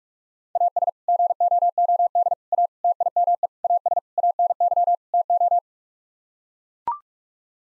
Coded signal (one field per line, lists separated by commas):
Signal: Morse code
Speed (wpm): 41 wpm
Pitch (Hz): 700 Hz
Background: none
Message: AS GOOD A TIME AS ANY TO